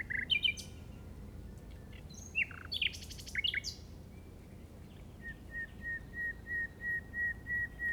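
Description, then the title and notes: Common nightingale song: varied sharp chirps and trills, ending in a slow series of evenly spaced piping notes. Recorded in the Llobregat Delta at 06:00 on 8 May 2015 with a Zoom recorder. "Grabación de ruiseñor común (Luscinia megarhynchos) en el Delta del Llobregat a las 06:00 del 08/05/2015."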